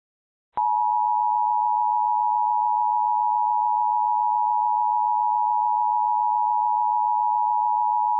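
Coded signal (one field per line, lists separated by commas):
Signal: Emergency Alert System (SAME) tones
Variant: 853 and 960 Hz attention tone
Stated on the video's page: Mock EAS alert; the alert is believed to have been recorded.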